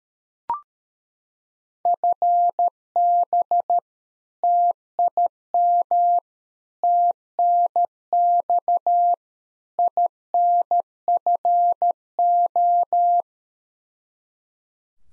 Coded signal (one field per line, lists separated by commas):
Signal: Morse code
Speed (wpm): 13 wpm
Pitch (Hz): 700 Hz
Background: none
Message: FB TIM TNX INFO